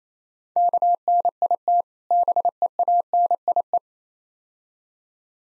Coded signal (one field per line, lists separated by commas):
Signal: Morse code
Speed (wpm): 28 wpm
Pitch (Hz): 700 Hz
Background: none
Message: KNIT BEANIE